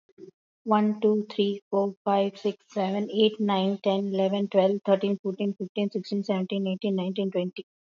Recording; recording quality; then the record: counting at a fast pace; excellent, no background noise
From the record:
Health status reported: healthy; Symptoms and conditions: diabetes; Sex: female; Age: 51 years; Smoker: not ticked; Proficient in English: yes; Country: India